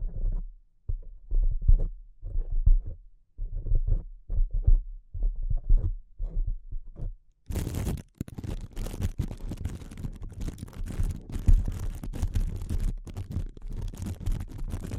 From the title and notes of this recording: ASMR Delicate Tapping (No Talking).